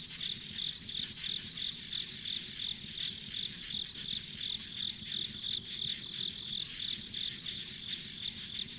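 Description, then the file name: Insects give rapid, regular high chirps, roughly three per second, above a continuous ringing drone and faint low background noise. Ambient insect sounds on a rural country road. "田舎道の虫の環境音"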